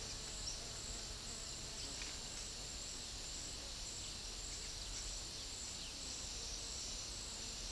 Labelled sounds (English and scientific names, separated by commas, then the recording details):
none
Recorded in secondary vegetation near Puerto Asís, Putumayo, Colombia, on 20 February 2024 at 10:00
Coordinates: 0.500, -76.326
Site G6428